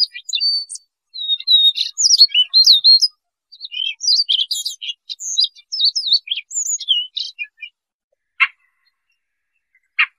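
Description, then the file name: Siberian rubythroat song of rapid, looping whistles and trilled notes for several seconds, then quiet broken by two separate sharp single notes. "Tieng chim oanh co do"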